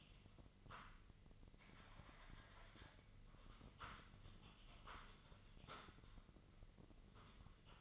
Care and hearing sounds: daily activity, microphone in the room; typing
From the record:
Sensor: 4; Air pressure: 1008.4 hPa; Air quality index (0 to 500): 82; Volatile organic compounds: 1 ppm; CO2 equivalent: 652 ppm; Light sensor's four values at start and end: 15/36/14/14 and 15/35/14/14

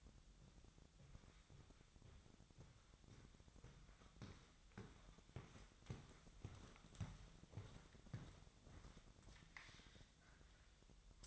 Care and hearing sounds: daily activity, microphone in the room; walk to room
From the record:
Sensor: 3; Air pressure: 999.4 hPa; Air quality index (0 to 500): 197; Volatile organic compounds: 44 ppm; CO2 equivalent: 3218 ppm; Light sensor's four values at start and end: 8/19/7/7 and 8/18/7/7

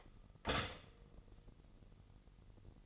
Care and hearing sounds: daily activity, microphone in the room; stop toaster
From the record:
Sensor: 4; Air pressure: 989.3 hPa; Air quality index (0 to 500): 217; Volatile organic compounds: 68 ppm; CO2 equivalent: 3499 ppm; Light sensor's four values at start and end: 24/85/31/33 and 24/85/31/33

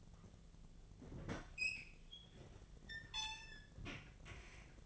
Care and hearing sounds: daily activity, microphone in the room; open fridge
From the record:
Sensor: 4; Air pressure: 1010.5 hPa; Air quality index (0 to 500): 177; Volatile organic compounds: 5 ppm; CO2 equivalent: 1800 ppm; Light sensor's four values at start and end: 33/96/38/38 and 27/81/32/32

